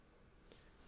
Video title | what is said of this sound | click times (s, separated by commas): Lumix GX85 Scroll Wheel Replacement | this should snap into place | 0.5 s